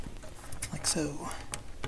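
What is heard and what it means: A lamp holder is handled as it is pushed back into position in the front panel of a Kenwood KA 405 integrated amplifier after an LED upgrade. Someone talks briefly while faint taps and rustling handling noises are heard. Nothing has seated or clicked into place yet.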